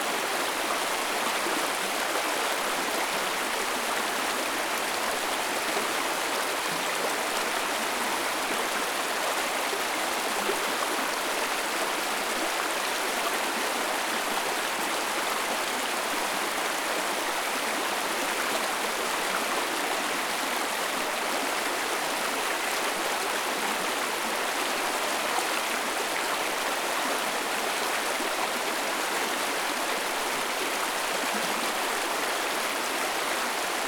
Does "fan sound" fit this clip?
no